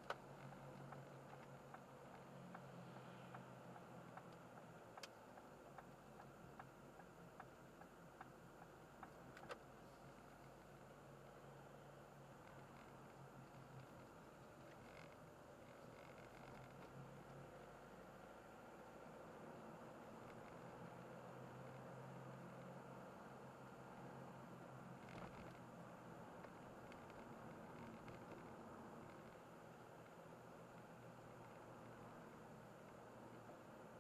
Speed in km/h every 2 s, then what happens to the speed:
51, 47, 37, 35, 35, 39, 35, 29, 34, 39, 46, 41, 45, 43, 42, 41, 41.
0-5 slows to 35. 5-11 steady at about 35. 11-14 slows to 29. 14-20 speeds up to 46.